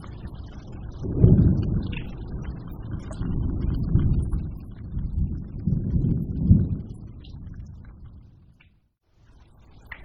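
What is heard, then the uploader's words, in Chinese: Faint, muffled heavy rain makes a dense low rumble that swells around the first, fourth and sixth seconds, then fades nearly to silence. 自然·白噪音 - 隐约的暴雨。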